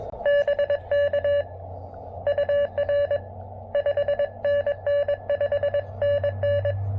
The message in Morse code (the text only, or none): BK UR 5NN 5NN